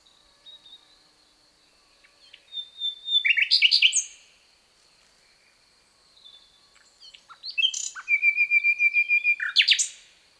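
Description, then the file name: Common nightingale song: two phrases of whistles followed by fast repeated notes, separated by a quieter gap over a steady high tone. "Luscinia megarhynchos"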